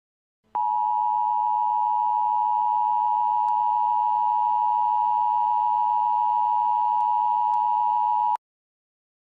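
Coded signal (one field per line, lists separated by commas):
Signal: Emergency Alert System (SAME) tones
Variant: 853 and 960 Hz attention tone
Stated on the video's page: Fictional scenario built with valid EAS tones.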